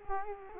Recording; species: mosquito wingbeat signal from an infrared sensor; Culex quinquefasciatus